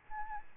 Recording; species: mosquito wingbeat signal from an infrared sensor; Aedes albopictus